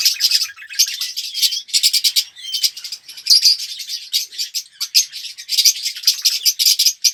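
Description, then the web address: Red-rumped parrot song of quick, high trilled phrases repeated in short bursts, with a few sliding whistled notes between them. "pevcii popugai. parrots psephotus-haematonotus"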